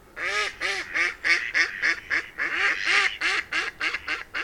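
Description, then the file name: Mallard quacking steadily, a dense chain of nasal quacks at around three per second, some louder and more drawn out than others. "tokesrece"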